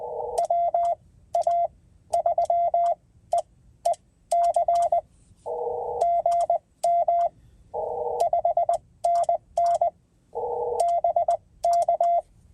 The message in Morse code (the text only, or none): WA3EEC GM 5NN BK